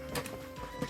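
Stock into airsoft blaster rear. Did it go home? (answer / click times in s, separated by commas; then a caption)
no / none. The standard plastic stock for an XYL KM9 Unicorn airsoft blaster is handled at the rear of the blaster, giving two brief knocks near 0.2 and 0.3 s over a steady low hum. Nothing has seated or clicked into place yet.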